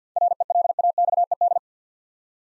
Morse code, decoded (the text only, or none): RELAXED